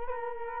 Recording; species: mosquito wingbeat signal from an infrared sensor; Culex quinquefasciatus